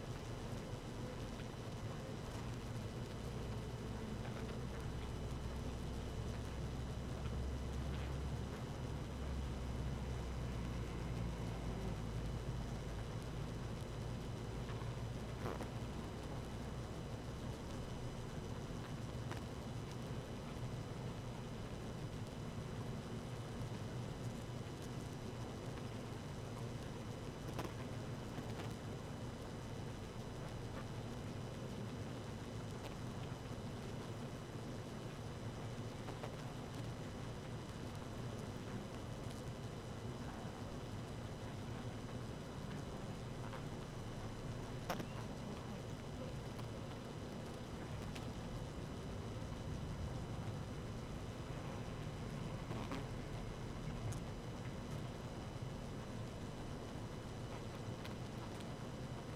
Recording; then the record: honeybee colony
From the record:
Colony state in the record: active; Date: 12 June 2018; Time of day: 18:06